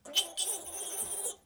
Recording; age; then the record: pig call; piglet (1 to 25 days)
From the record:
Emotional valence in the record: negative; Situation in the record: restrain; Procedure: back test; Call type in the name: high-frequency call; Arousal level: medium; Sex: female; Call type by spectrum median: high-frequency call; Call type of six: high-frequency stable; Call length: 1.46 s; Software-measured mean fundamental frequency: 207 Hz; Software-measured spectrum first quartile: 3150 Hz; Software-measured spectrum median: 6358 Hz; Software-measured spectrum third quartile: 9389 Hz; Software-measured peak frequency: 3082 Hz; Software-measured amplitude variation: 187 dB a second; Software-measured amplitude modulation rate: 17.8 a second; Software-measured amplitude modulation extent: 10.5 dB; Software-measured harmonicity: 5.0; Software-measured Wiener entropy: -2.31